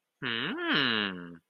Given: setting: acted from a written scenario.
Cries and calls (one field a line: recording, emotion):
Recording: vocal sound without words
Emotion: desire